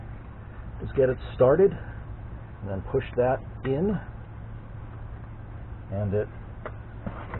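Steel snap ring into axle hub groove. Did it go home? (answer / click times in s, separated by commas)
yes / 6.7 s, 7.3 s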